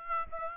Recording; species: mosquito wingbeat signal from an infrared sensor; Aedes aegypti